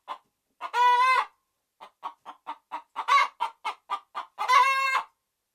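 Red junglefowl: a loud raspy squawk, then a quick run of clucks with a brief squawk among them, ending with another long harsh squawk.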